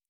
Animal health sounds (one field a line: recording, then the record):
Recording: hydrophone in a shrimp aquaculture tank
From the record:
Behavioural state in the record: normal